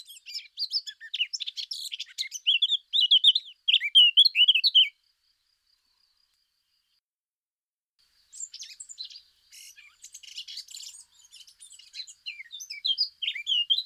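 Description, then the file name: Eurasian blackcap warbling song: two bursts of fast, scratchy chatter mixed with clear fluty notes, separated by a few seconds of silence. "Sylvia atricapilla"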